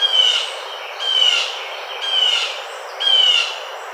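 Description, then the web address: Blue jay giving a steady series of four harsh, slightly descending jay notes about once per second. 18 June 2009. "Blue Jay 2009 06 18"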